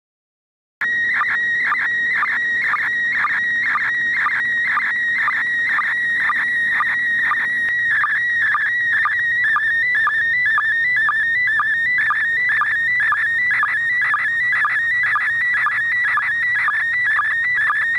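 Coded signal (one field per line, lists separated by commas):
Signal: SSTV (slow-scan television)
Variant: PD 120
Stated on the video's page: Live SSTV images from the International Space Station received with an old rabbit-ears TV antenna.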